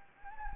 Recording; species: mosquito wingbeat signal from an infrared sensor; Anopheles gambiae